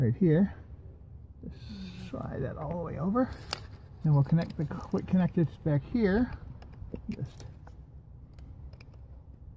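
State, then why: Seated. A fuel line quick-connect fitting is pushed onto the fuel rail pressure sensor fitting of a 2005-up Mustang 4.0. Someone talks, then several faint ticks are heard toward the end. The fitting snaps into place with a sharp click at 8.8 seconds and is confirmed seated.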